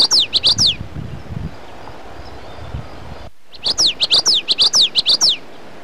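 Common yellowthroat singing two rapid phrases of bright repeated slurred notes, high and rhythmic, separated by a gap of about three seconds over faint background hiss.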